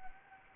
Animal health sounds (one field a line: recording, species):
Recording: mosquito wingbeat signal from an infrared sensor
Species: Anopheles arabiensis